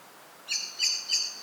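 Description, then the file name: Common blackbird producing three hard, clipped chink notes in quick, even succession. "Turdus merula"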